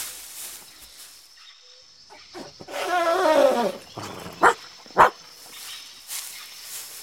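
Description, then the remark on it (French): Milou, the dog from Les Cigares du Pharaon, whimpers in a high, wavering whine for about a second, then gives two short, sharp barks a moment apart, loud against a quiet background with no talking. “Milou ne ferait pas de mal à une mouche.”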